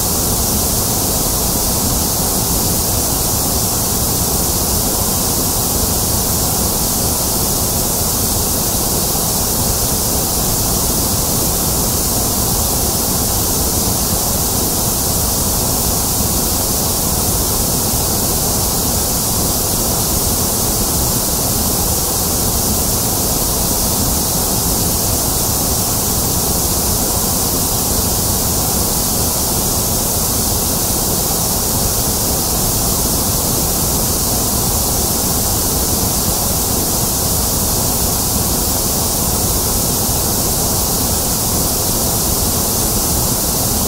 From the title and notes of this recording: White Noise by Mark Carpenter.